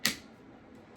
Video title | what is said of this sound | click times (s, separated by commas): VOCIC Z35 PackGo Rollator Review | It's snapping the wheels into place. | 0.1 s